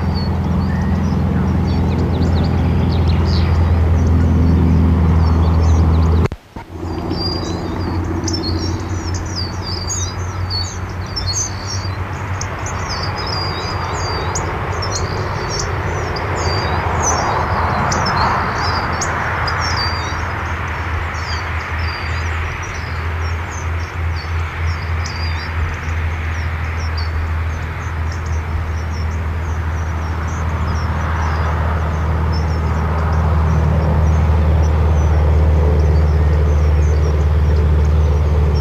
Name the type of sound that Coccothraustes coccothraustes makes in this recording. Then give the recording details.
call. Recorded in the wild. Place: Hörbach, DE. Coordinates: 50.6686, 8.26806. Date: 1964-04-04. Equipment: Uher Report 4000, AKG D190. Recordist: Krey, Winfried